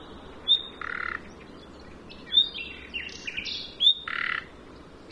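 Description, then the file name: Common nightingale giving clear high whistles, some followed by a grating buzzy note, with varied chirps in between. "Luscinia megarhynchos"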